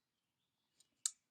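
The supplied Wi-Fi USB adapter is plugged into one of the streaming box's four USB ports. A faint tick at 0.8 seconds is followed by a single sharp, bright click at 1.1 seconds as the adapter pops in and seats.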